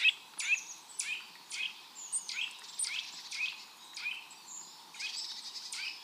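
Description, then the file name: Eurasian nuthatch calls: sharp, down-slurred high notes at irregular intervals, with a few thin whistled tones, over a steady low background hiss. "Sitta europaea"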